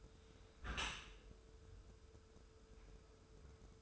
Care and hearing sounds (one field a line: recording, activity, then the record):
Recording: daily activity, microphone in the room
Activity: close dishwasher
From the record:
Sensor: 2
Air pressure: 1014.8 hPa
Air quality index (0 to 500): 25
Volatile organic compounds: 0 ppm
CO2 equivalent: 501 ppm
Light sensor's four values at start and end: 10/22/9/9 and 10/22/9/9